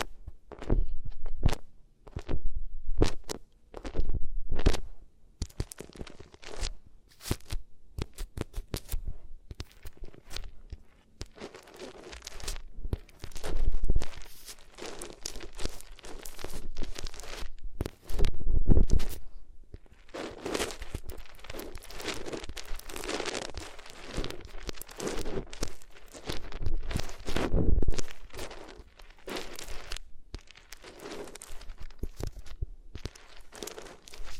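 Rubbing sounds on different materials, dense crackly scratching strokes in rapid irregular bursts with short pauses, some swells louder and rougher.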